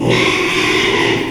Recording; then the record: squeal of a Yucatan mini pig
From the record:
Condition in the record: after surgery on the right vocal fold (resection and tissue-engineered implant); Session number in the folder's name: 1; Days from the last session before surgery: 6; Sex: male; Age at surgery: 12 weeks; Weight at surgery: 13 kg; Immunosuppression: cyclosporine, prednisolone